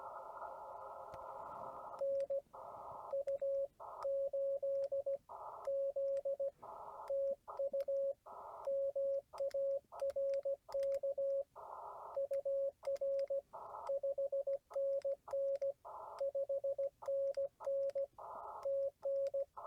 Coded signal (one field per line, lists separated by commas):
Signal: Morse code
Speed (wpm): 17 wpm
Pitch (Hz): 550 Hz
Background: radio noise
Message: NU8Z TU MARK UR 5NN 5NN TN